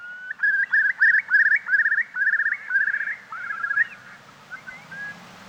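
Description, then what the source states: Eurasian curlew bubbling song, a rapid series of rising whistled notes, then trailing off. Song described as elegant.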